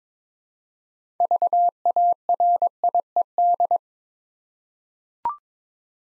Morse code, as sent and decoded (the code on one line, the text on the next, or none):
...- .- .-. .. . -..
VARIED